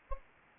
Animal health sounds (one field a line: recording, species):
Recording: mosquito wingbeat signal from an infrared sensor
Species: Anopheles gambiae